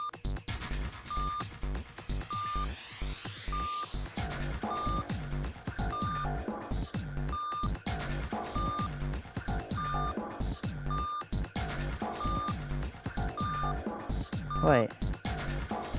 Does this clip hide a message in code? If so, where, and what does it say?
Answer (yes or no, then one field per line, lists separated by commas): no